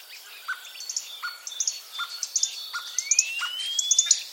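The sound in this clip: Common starling song: a varied jumble of sharp clicks, short chirps and high squeaky notes, with a long rising whistle near the end.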